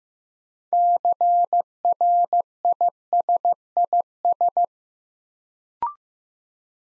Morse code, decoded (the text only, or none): CRISIS